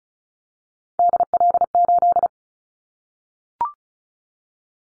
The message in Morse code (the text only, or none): DL8